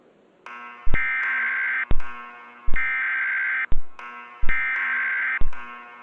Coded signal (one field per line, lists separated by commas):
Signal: Emergency Alert System (SAME) tones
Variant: header bursts